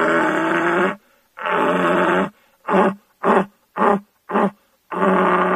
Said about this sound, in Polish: Natomiast jelenie byki, czując rujne łanie, podążając za chmarą, w początku rykowiska ryczą tęsknie. Natomiast jeżeli już znajdą łanie, wtedy pokazują swoją dominację, pokazują, kto króluje w tym lesie, kto panuje nad chmarą, czyli stadem jeleni.